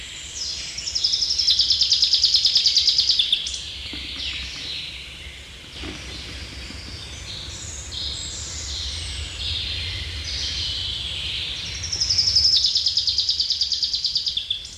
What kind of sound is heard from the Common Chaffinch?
song